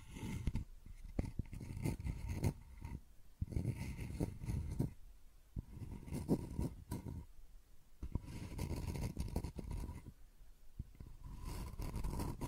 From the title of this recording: Scratching and Tracing Sounds